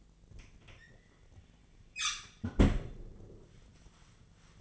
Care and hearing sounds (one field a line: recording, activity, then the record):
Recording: daily activity, microphone in the room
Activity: close fridge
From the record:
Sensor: 4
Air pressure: 1010.5 hPa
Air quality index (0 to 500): 176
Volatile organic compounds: 5 ppm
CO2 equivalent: 1787 ppm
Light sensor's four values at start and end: 28/85/33/34 and 34/100/39/40